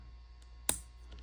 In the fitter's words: you should hear it click.